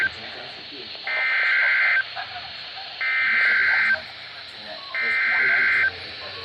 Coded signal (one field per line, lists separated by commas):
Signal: Emergency Alert System (SAME) tones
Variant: header bursts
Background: speech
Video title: Multiple Storms:Part 3|EAS 1282-1316|EAS Alerts from June 26th-27th 2024